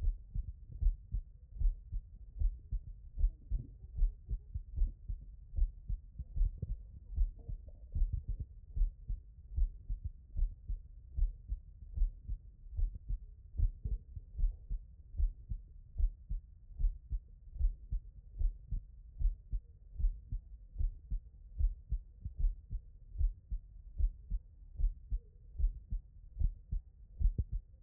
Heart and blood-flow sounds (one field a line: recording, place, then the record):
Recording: heart sounds by stethoscope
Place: tricuspid valve (TV)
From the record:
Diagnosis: HFrEF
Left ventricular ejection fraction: 40%